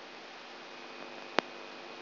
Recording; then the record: brain microelectrode recording played as sound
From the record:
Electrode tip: outside the subthalamic nucleus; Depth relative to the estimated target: 3 mm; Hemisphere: right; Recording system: AlphaMap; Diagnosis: Parkinson's disease